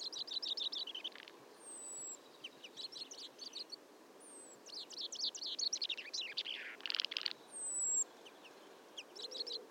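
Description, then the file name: Common chaffinch song phrases, rattling descending trills repeated several times, overlapping with thin high whistles from another bird. "Fringilla coelebs"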